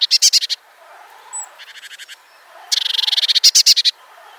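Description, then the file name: Eurasian blue tit calls: loud clicking notes, a softer stuttering run, then a fast buzzy trill ending in louder harsh clicks. "Cyanistes caeruleus"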